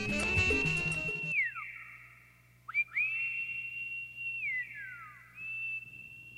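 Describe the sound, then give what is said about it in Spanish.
After a brief burst of instruments, an eerie, ghostly whistle holds long high notes that repeatedly swoop downward, floating alone over a faint, steady low drone, in a Venezuelan canto recio song about the female version of the Silbón legend. “uno de los mejores exponentes del canto recio venezolano, escribió una canción dedicada a la versión femenina de ese famoso silbón.”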